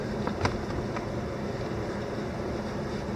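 A molded rubber/plastic Husky Liners floor liner is pressed down onto its retention clip in the floor of a 2018 Ford F250 pickup cab so its tabs lock. A sharp click at 0.5 s stands out, with fainter taps near 0.3 s and 1.0 s, over a steady low background rumble. The liner locks into place with a nice fit.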